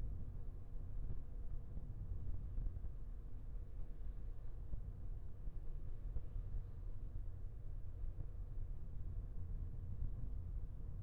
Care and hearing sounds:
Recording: everyday scene through a hearing-aid microphone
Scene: in a vehicle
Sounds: engine, traffic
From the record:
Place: Skoda Fabia, gasoline engine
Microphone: behind the ear, left, rear

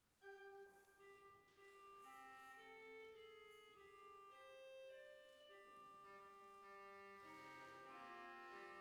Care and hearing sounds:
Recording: everyday scene through a hearing-aid microphone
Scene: reverberant space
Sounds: music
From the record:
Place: church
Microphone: behind the ear, left, rear

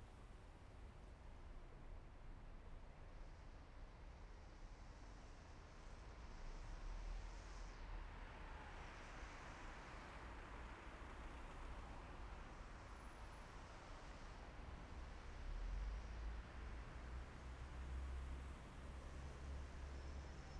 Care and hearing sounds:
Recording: everyday scene through a hearing-aid microphone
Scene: in traffic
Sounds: traffic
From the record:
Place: main city hub, rush hour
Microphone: behind the ear, left, rear

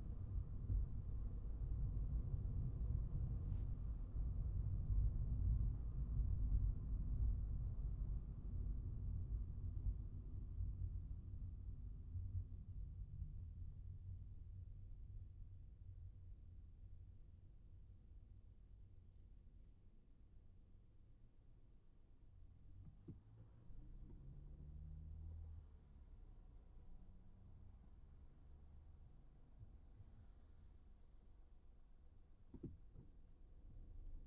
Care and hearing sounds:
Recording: everyday scene through a hearing-aid microphone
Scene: in a vehicle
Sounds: engine, traffic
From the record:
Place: Skoda Fabia, gasoline engine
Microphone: behind the ear, right, front

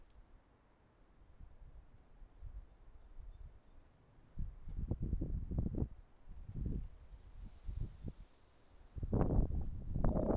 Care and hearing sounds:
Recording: everyday scene through a hearing-aid microphone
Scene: wind on the microphone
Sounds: wind, traffic, birds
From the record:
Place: suburban garden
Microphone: behind the ear, right, rear

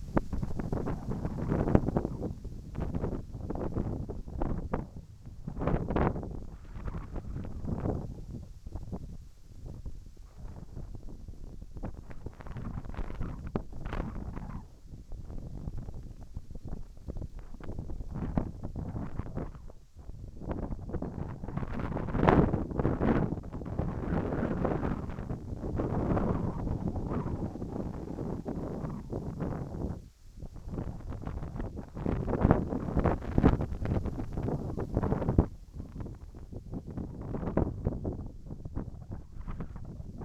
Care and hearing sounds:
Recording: everyday scene through a hearing-aid microphone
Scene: wind on the microphone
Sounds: wind, whistling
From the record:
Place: in front of a rural house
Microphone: behind the ear, right, front

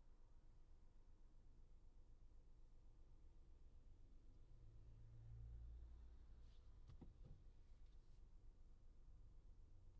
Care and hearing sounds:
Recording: everyday scene through a hearing-aid microphone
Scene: in a vehicle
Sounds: engine, highway traffic jam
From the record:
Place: Skoda Fabia, gasoline engine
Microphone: in the ear canal, left

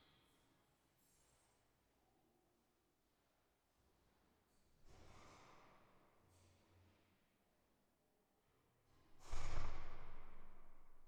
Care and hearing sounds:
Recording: everyday scene through a hearing-aid microphone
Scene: reverberant space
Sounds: background noise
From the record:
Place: staircase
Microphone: behind the ear, right, front

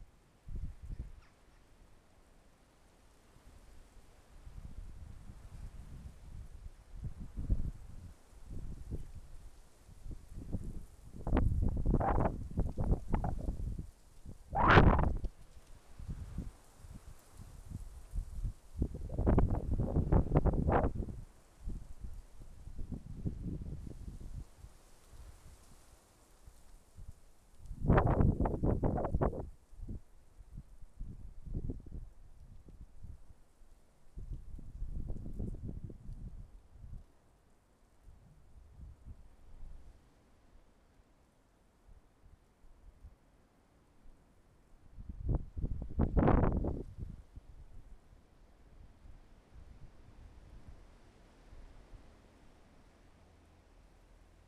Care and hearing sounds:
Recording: everyday scene through a hearing-aid microphone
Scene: wind on the microphone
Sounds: wind, traffic, birds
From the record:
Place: suburban garden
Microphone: behind the ear, left, rear

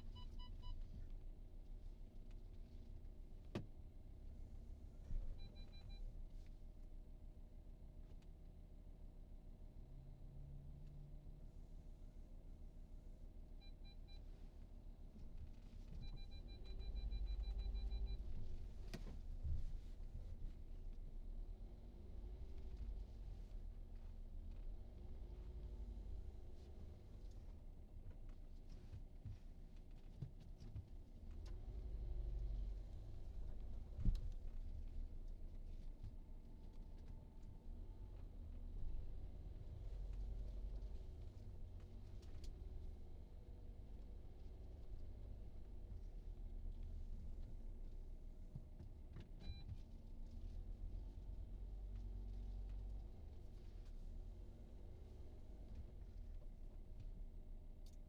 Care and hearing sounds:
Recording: everyday scene through a hearing-aid microphone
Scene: in a vehicle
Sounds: engine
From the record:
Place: VW T5 Caravelle, diesel engine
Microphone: in the ear canal, right

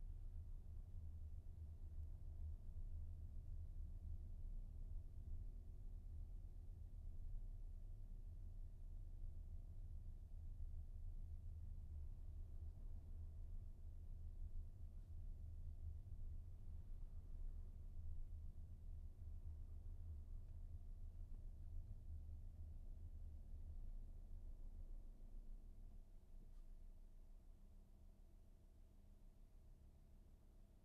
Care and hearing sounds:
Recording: everyday scene through a hearing-aid microphone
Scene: in a vehicle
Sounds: engine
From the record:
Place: VW T5 Caravelle, diesel engine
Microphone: behind the ear, right, rear

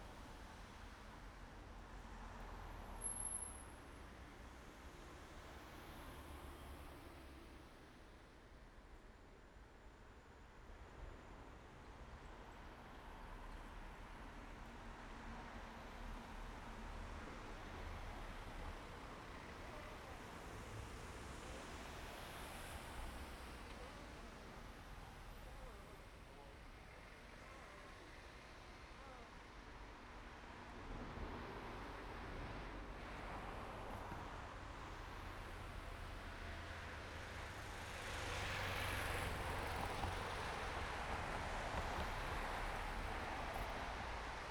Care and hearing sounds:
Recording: everyday scene through a hearing-aid microphone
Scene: in traffic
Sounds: traffic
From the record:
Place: main road on the outskirts, rush hour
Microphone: behind the ear, right, rear

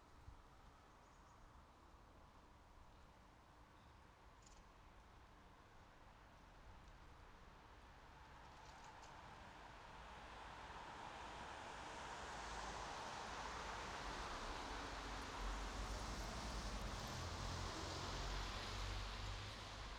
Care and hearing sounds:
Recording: everyday scene through a hearing-aid microphone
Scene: in traffic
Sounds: traffic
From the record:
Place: bus stop on a city main road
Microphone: in the ear canal, right

